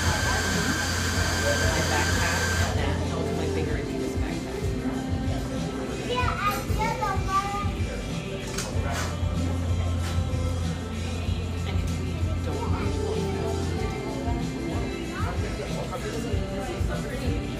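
Café ambience in Portland with a steady bed of overlapping conversation throughout. A low hum runs under the first few seconds and returns around 9 to 14 seconds, while brief clinks and chirpy sounds break through near 6 to 7 seconds.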